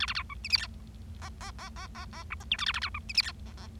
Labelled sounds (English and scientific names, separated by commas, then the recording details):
Bengalese Finch (Lonchura striata domestica) song
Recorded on 25 March 2012 at 13:37
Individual gy6or6